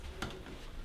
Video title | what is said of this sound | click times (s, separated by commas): Schlage Camelot How to install a door lock for Home Security | on the inside there just line it up and then that just kind of snaps in place | 0.2 s